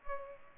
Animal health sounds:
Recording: mosquito wingbeat signal from an infrared sensor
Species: Culex pipiens

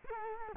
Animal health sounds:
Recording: mosquito wingbeat signal from an infrared sensor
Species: Culex quinquefasciatus

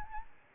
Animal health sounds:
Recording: mosquito wingbeat signal from an infrared sensor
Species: Aedes albopictus

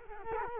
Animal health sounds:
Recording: mosquito wingbeat signal from an infrared sensor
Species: Culex quinquefasciatus

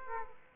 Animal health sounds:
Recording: mosquito wingbeat signal from an infrared sensor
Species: Aedes aegypti

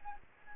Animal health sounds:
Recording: mosquito wingbeat signal from an infrared sensor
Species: Anopheles gambiae

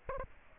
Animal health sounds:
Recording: mosquito wingbeat signal from an infrared sensor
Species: Aedes aegypti

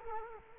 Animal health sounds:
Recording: mosquito wingbeat signal from an infrared sensor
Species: Culex quinquefasciatus

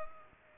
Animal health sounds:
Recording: mosquito wingbeat signal from an infrared sensor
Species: Culex pipiens

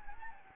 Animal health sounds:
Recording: mosquito wingbeat signal from an infrared sensor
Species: Anopheles gambiae

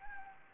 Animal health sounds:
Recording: mosquito wingbeat signal from an infrared sensor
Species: Anopheles gambiae

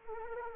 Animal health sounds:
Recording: mosquito wingbeat signal from an infrared sensor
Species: Anopheles arabiensis

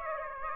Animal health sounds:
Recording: mosquito wingbeat signal from an infrared sensor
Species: Aedes aegypti

